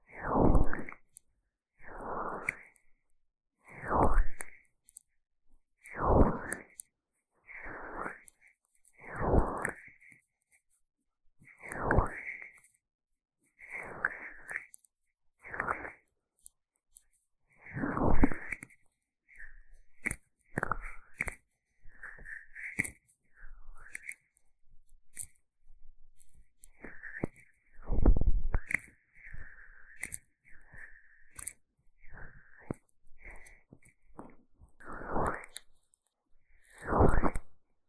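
Sticky aloe gel squelches during an ear massage, in wet smacking strokes every two seconds at first, then quicker, irregular crackles and taps.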